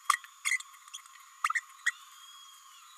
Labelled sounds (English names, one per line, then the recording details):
Green-rumped Parrotlet babbling
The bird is a female
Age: 29 days
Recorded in a nest box in Venezuela
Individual 17B32A5